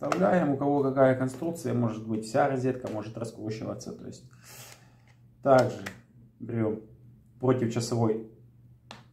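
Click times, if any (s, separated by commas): 8.9 s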